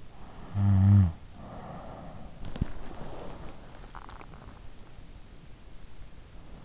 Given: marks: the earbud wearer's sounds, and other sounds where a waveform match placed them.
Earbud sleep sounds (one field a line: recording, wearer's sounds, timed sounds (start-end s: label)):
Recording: sounds in sleep by an in-ear microphone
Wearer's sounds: snoring breath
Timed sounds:
0.33-2.35 s: snoring breath